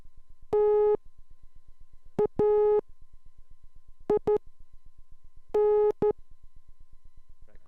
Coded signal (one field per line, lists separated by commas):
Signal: Morse code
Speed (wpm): 13 wpm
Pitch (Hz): 420 Hz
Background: none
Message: TAIN